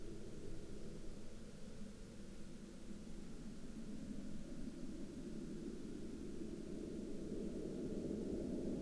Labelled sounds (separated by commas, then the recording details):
aircraft
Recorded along the Dalton Highway, Alaska, on 5 April 2019 at 21:31
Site 09